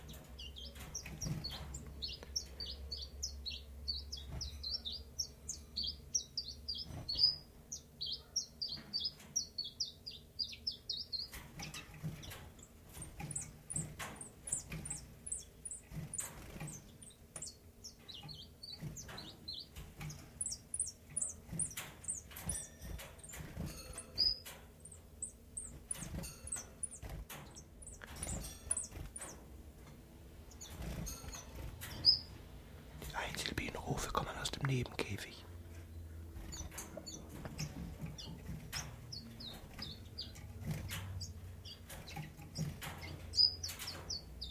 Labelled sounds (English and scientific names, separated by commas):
Common Chiffchaff (Phylloscopus collybita)